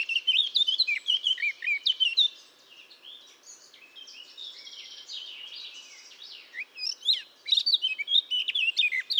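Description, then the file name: Eurasian blackcap singing clear whistled phrases around a long middle section of quiet, scratchy subdued warbling, with loud fluty notes returning at the end. "Sylvia atricapilla"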